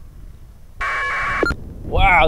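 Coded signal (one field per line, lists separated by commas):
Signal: packet radio (AX.25, as in APRS)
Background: speech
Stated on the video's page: APRS packets through the ISS UHF digipeater on a near-overhead pass, received on a Kenwood TH-D72A handheld and recorded.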